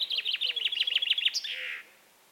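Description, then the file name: Common chaffinch song: a run of about a dozen sharp, slightly falling notes ending in a brief flourish. "Fringilla coelebs"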